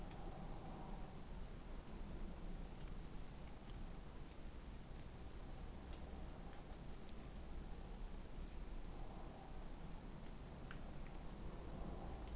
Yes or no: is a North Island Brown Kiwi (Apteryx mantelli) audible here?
no